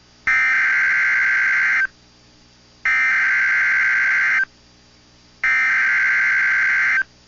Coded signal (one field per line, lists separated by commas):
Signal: Emergency Alert System (SAME) tones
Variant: header bursts